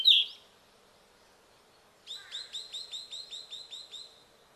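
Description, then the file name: Ryukyu flycatcher calls: one bright whistled note, then after a pause a rapid, even series of similar chirped notes. Recorded in Okinawa, Japan, on 12 March 2006. "ryuukyuukibitaki okinawa kaji"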